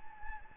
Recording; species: mosquito wingbeat signal from an infrared sensor; Anopheles gambiae